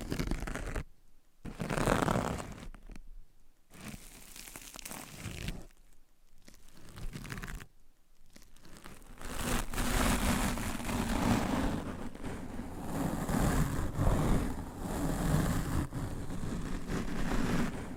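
Scratching, tapping and massage sounds: rough, papery scratches and rubbing come in uneven bursts, broken by short silences near 1, 3.5, 6 and 8 seconds. After about 9 seconds the rubbing turns steady and continuous, with a fuller low rustle running to the end.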